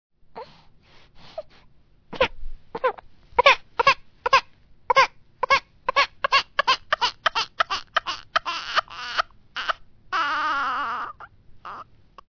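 Quiet, hesitant whimpers give way to short, rhythmic, high-pitched cry bursts that grow louder and closer together, ending in one long sustained wail. A slow-starting infant cry that builds gradually from fussing to full crying.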